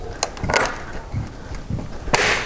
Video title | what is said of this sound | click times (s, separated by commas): Step by Step Re-Screening of Your Patio Sliding Door--A Complete DIY Guide! 4K | There we go. I hear the snap. | 2.1 s